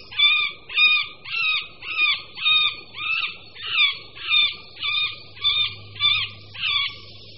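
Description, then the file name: Middle spotted woodpecker delivering a long, steady run of nasal quacking notes, one roughly every half second, with a faint low hum beneath. "Strakapoud-prostřední"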